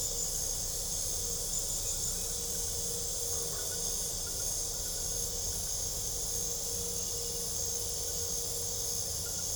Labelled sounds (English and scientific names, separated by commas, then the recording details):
none
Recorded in pastures near Puerto Asís, Putumayo, Colombia, on 26 December 2024 at 20:30
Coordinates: 0.497, -76.327
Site G088